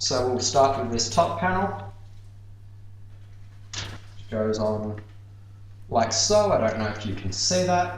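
Someone talks while handling the plastic top panel of a computer case, fitting it back onto the case over a steady low hum. The panel has not seated or clicked in yet.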